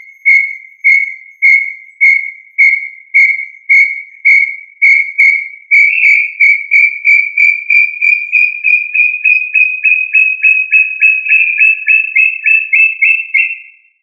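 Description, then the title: Tinamou calls, a series of clear whistled notes, evenly spaced at first, then gradually quickening and rising slightly into a faster run of notes. "Familia Tinamidae - Quail - Puyuh"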